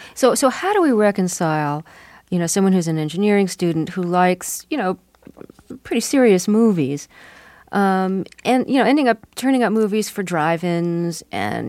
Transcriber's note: none